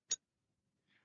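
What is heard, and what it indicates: A single brief, sharp, high-pitched denture click, like a metallic ting or the shing of a knife, made by new temporary dental teeth fitted after dental work as the mouth opens, followed by a faint softer sound.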